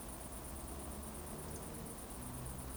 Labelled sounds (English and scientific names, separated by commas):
Eurasian Woodcock (Scolopax rusticola) whistle